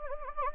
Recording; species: mosquito wingbeat signal from an infrared sensor; Anopheles gambiae